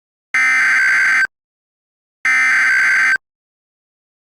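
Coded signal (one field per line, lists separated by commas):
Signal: Emergency Alert System (SAME) tones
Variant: header bursts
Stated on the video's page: Mock EAS alert made with EASyPLUS and an EAS generator software; tones valid enough to trigger the alert system.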